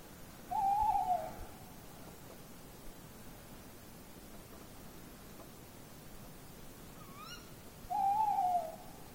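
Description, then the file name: Tawny owl hooting twice, about seven seconds apart, over a constant hissy background. "lehtopollo"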